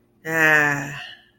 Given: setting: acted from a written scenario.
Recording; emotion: vocal sound without words; romantic love